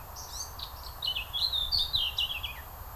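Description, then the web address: Eurasian blackcap song: a quick, rich warble of varied high chirps and slurred notes over low rumbling background noise. Recorded in Venice, Italy. "venezia guida capinera capinera"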